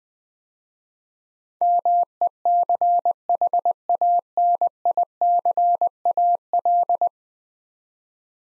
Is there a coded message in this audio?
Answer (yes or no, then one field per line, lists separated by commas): yes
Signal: Morse code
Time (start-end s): 1.6-7.1 s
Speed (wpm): 20 wpm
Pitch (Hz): 700 Hz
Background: none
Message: MECHANICAL